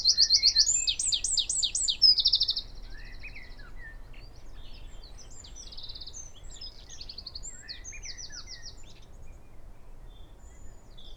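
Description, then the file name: Eurasian wren with a loud burst of shrill trills and rattles lasting about two seconds, followed by quieter high twittering. "Troglodytes troglodytes"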